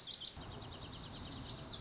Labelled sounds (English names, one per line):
Lazuli Bunting